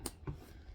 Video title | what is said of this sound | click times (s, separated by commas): Stained Glass Tote Bag Tutorial Speed Sewing | and it clicks into place and then squish it down | 0.1 s